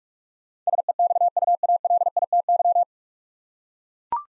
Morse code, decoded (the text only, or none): SEXUALITY